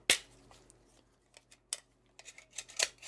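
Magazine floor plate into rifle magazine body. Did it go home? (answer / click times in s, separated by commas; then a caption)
yes / 0.1 s. A metal floor plate is pushed onto the bottom of an SVT-40 rifle magazine during reassembly after cleaning, and it clicks into place at 0.1 s with a sharp, bright snap. Quieter metallic clicks and handling taps follow, with a firmer tick at about 1.7 s and a scattering of small clicks toward the end. The floor plate is seated and the magazine is working fine.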